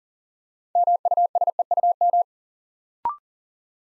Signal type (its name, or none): Morse code